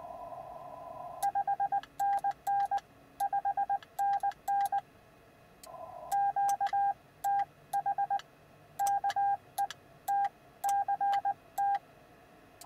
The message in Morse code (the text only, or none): 5NN 5NN QTH KE TCT